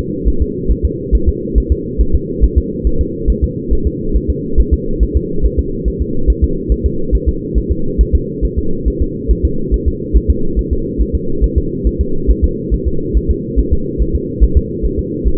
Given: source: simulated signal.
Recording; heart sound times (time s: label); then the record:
fetal heart sounds
0.28 s: S1
0.42 s: S2
0.72 s: S1
0.85 s: S2
1.15 s: S1
1.28 s: S2
1.58 s: S1
1.72 s: S2
2.01 s: S1
2.15 s: S2
2.44 s: S1
2.58 s: S2
2.87 s: S1
3.01 s: S2
3.30 s: S1
3.44 s: S2
3.73 s: S1
3.87 s: S2
4.16 s: S1
4.30 s: S2
4.60 s: S1
4.73 s: S2
5.03 s: S1
5.16 s: S2
5.45 s: S1
5.59 s: S2
5.88 s: S1
6.02 s: S2
6.30 s: S1
6.44 s: S2
6.72 s: S1
6.86 s: S2
7.15 s: S1
7.28 s: S2
7.58 s: S1
7.72 s: S2
8.01 s: S1
8.15 s: S2
8.45 s: S1
8.58 s: S2
8.88 s: S1
9.02 s: S2
9.31 s: S1
9.45 s: S2
9.74 s: S1
9.88 s: S2
10.17 s: S1
10.30 s: S2
10.59 s: S1
10.73 s: S2
11.02 s: S1
11.15 s: S2
11.44 s: S1
11.58 s: S2
11.87 s: S1
12.01 s: S2
12.31 s: S1
12.44 s: S2
12.74 s: S1
12.88 s: S2
13.17 s: S1
13.31 s: S2
13.59 s: S1
13.73 s: S2
14.02 s: S1
14.15 s: S2
14.44 s: S1
14.57 s: S2
14.85 s: S1
14.99 s: S2
15.28 s: S1
From the record:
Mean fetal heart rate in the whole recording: 140 bpm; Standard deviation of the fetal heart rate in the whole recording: 2 bpm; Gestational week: 34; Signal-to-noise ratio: -8.1 dB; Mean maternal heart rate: 72 bpm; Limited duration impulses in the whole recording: absent